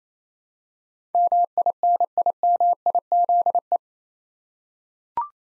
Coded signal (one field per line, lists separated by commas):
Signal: Morse code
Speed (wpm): 28 wpm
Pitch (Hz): 700 Hz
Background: none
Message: MINIMIZE